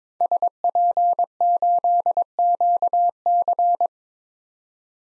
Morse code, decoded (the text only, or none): SP8QC